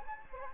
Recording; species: mosquito wingbeat signal from an infrared sensor; Anopheles gambiae